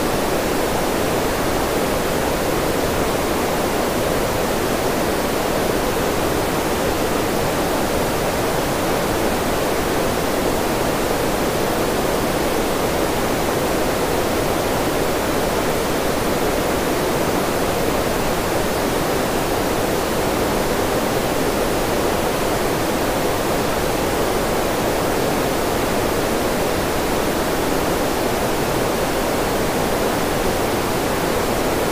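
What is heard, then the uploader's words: Steady green noise, a soft unbroken hush like an evening breeze, fullest in the middle range with no changes or separate events. The soft hush of the evening breeze to the distant murmur of a nighttime forest. Green noise.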